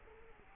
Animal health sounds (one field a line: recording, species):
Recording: mosquito wingbeat signal from an infrared sensor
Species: Culex quinquefasciatus